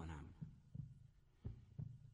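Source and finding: Heart sounds. Normal heartbeat.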